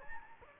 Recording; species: mosquito wingbeat signal from an infrared sensor; Anopheles gambiae